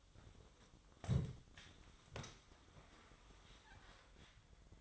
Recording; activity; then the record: daily activity, microphone in the room; sit down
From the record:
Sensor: 3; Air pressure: 1005.0 hPa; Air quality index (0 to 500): 83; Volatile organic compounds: 2 ppm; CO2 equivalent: 1266 ppm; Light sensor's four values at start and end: 8/17/7/7 and 9/21/8/8